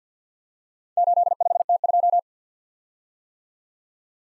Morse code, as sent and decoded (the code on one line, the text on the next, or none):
---.. ..... - ..---
85T2